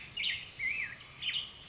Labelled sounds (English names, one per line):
Black-headed Grosbeak